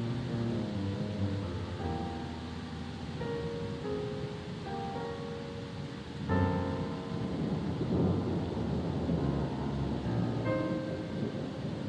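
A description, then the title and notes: Soft sustained music notes drift over a constant low roar of storm and sea, with a swell of rumbling thunder around eight seconds. The harmonious blend of thunder and waves creates a peaceful atmosphere. Tranquil sounds of a thunderstorm at sea, accompanied by soothing music.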